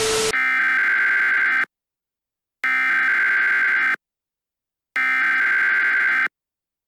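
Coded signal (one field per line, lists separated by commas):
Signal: Emergency Alert System (SAME) tones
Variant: header bursts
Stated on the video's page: Fictional EAS scenario about an underground monster.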